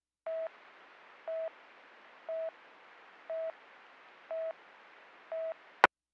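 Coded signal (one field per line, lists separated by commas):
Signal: none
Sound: police radio channel beeps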